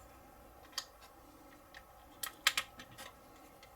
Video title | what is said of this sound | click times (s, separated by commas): Agora Models 1961 Jaguar XK-E Stages 32 - 40 | And that's snapped in place, just like that. | 2.5 s